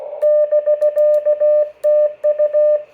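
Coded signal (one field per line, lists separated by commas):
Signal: Morse code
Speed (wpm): 16 wpm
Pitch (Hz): 600 Hz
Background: none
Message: <BK>TU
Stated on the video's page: CW QSO test on an Icom IC-706 fitted with an optional FL-100 filter.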